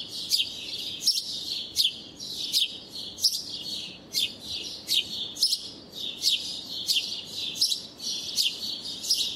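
House sparrow calls: insistent buzzy chirps, somewhat irregular, more than one per second, set against a constant background of high chattering.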